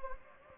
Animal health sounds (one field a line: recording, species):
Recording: mosquito wingbeat signal from an infrared sensor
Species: Anopheles gambiae